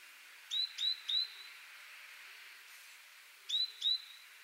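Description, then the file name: Great tit calls: three bright, rising whistled notes in a fast row, a pause of about two seconds, then two more similar notes, with steady faint hiss. "Parus major"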